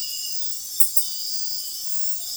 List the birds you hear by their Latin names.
none